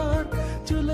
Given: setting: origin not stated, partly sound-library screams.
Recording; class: one-second piece from a danger detection set; normal situation